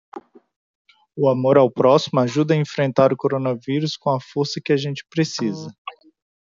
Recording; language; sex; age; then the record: spoken sentence; Brazilian Portuguese; male; 30 to 39 years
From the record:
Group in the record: control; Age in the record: 37 years